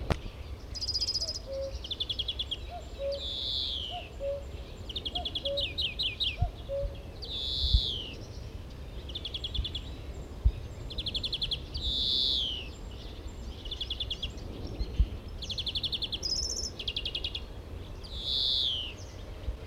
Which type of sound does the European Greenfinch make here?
song